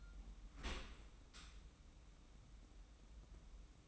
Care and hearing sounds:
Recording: daily activity, microphone in the room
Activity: open dishwasher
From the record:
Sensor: 1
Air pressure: 994.4 hPa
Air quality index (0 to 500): 219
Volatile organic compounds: 1000 ppm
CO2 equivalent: 7863 ppm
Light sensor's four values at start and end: 151/347/156/173 and 148/339/152/169

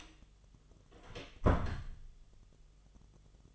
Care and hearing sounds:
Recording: daily activity, microphone in the room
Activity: close door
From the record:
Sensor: 4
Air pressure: 1005.7 hPa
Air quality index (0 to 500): 94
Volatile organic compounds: 2 ppm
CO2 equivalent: 1158 ppm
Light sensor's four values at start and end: 12/28/11/10 and 13/30/12/11

